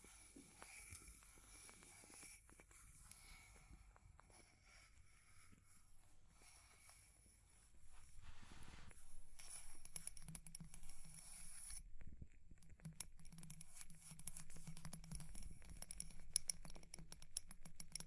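Fire crackling fills the clip with sparse, sharp pops and ticks scattered irregularly throughout. The first half is quieter; from about eight seconds a low rumble rises and the clicks grow denser, with bursts of tapping and scratching around twelve seconds onward.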